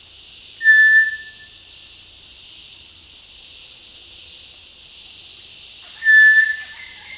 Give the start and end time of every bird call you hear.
[0.61, 1.56] Crypturellus cinereus
[5.81, 7.18] Amazona amazonica
[5.98, 6.79] Crypturellus cinereus

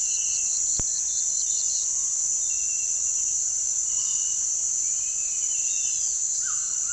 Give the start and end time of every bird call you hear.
[6.39, 6.93] Ramphastos tucanus

